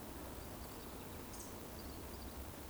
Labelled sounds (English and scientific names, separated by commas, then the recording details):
Eurasian Woodcock (Scolopax rusticola) whistle
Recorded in Baden-Württemberg, Germany, on 25 June 2020 at 19:52 UTC
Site 14569, 102 m above sea level